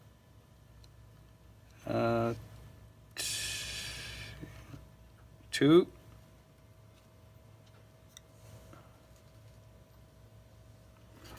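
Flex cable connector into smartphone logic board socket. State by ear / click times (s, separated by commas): seated / 8.2 s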